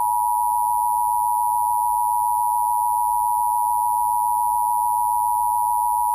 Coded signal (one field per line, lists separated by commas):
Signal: Emergency Alert System (SAME) tones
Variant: 853 and 960 Hz attention tone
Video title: EAS Scenario #16 - SCP Revolution